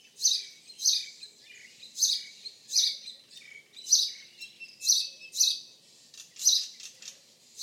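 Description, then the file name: House sparrow chirps, loud and repeated at an even pace of roughly one or two per second throughout, with a few fainter notes in between. "Passer domesticus"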